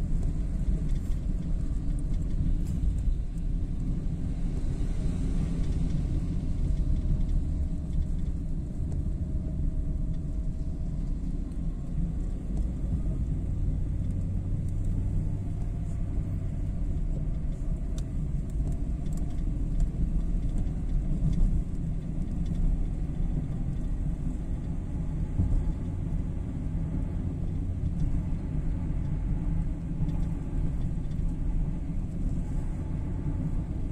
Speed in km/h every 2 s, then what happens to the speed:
36, 35, 37, 37, 38, 45, 52, 51, 52, 56, 59, 63, 66, 66, 65, 66, 67.
0-8 steady at about 37. 8-12 speeds up to 52. 16-24 speeds up to 66. 24-34 steady at about 66.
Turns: none.